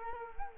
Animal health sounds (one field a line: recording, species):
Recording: mosquito wingbeat signal from an infrared sensor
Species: Culex quinquefasciatus